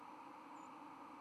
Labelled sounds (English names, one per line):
White-throated Sparrow flight call